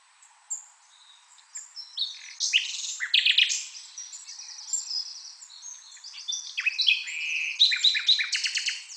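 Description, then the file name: Common nightingale song: varied high phrases, soft chirps building into loud sharp notes and rattles. "Luscinia megarhynchos"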